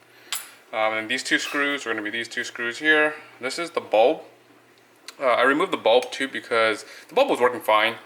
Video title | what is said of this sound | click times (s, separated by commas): Whirlpool Microwave WMH53521 turntable motor stopped spinning (How to fix it) | is you'll flip it around and it just kind of locks in place like that | 0.3 s